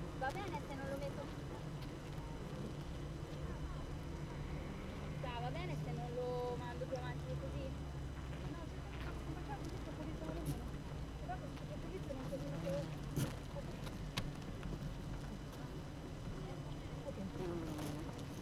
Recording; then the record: honeybee colony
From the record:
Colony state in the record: active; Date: 12 June 2018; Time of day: 8:01